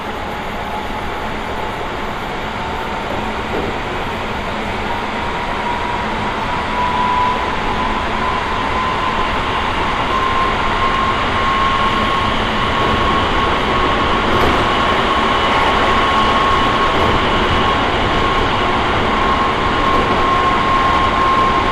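A ride on the Hokuso Railway through to the Toei Asakusa Line, heard from inside the train. A dense, steady rumble of wheels and running noise fills the whole clip, with a thin whine that rises in pitch and holds from about seven seconds on.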